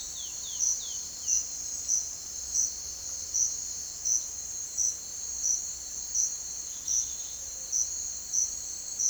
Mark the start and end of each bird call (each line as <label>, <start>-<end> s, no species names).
bird call, 0.00-1.54 s
bird call, 7.23-7.94 s